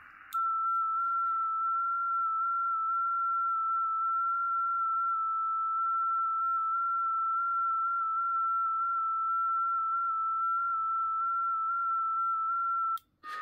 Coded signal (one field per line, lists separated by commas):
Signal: FT8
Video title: R1CBU Firmware (Fork) FT8 Transmit & Receive NO PC Needed